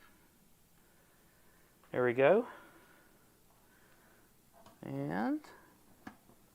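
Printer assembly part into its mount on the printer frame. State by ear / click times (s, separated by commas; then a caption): seated / 6.1 s. During assembly of a Flsun V400 delta 3D printer, a printer part is pressed into its mount on the printer frame while someone talks. A short, sharp click sounds at 6.1 s as the part pops into place and is seated.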